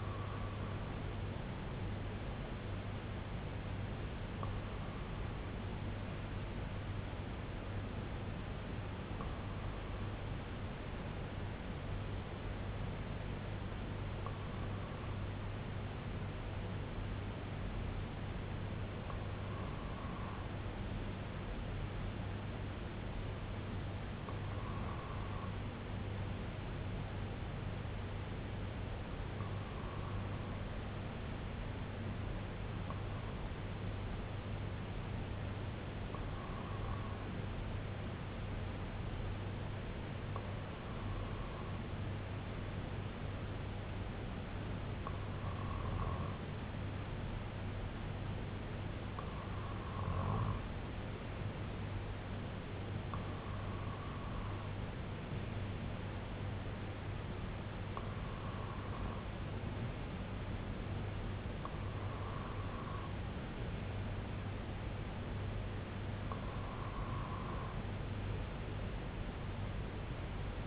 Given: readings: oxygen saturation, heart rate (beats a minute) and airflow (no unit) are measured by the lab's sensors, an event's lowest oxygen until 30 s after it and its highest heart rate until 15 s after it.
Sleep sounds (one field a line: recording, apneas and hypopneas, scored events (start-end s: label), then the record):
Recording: breathing in sleep by a voice recorder at the bedside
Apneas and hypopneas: 1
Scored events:
7.00-30.20 s: hypopnea (REM, oxygen 97% highest, then 94% lowest, heart rate 66 at the start, 70 highest)
From the record:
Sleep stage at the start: REM sleep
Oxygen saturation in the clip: 94 to 97%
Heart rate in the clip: 62 to 73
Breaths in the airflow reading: 16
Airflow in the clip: -5.0 to 2.9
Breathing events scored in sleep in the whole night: 258 in 7.4 hours asleep